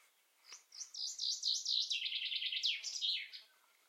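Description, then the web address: Common chaffinch singing a rapid cascading trill of repeated high notes that steps lower, finishing with a loud emphatic flourish. "Deverinetal"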